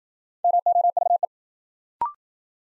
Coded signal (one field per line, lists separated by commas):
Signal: Morse code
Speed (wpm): 53 wpm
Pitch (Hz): 700 Hz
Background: none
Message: MOVE